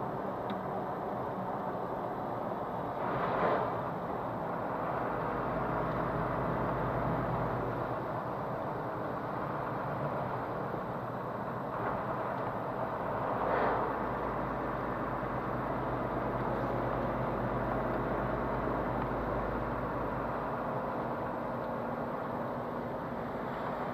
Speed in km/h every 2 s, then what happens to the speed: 41, 39, 36, 35, 34, 31, 29, 28, 27, 27, 27, 29.
0-13 slows to 28. 13-24 steady at about 27.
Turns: none.